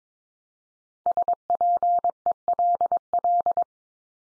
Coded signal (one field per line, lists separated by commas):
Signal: Morse code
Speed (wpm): 22 wpm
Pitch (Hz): 700 Hz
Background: none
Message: SPELL